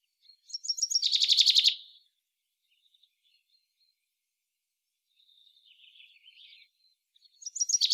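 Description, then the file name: Common chaffinch song: a bright, fast run of notes descending in pitch and ending in a flourish, then quieter scattered notes, and another song begins at the end. "Fringilla coelebs"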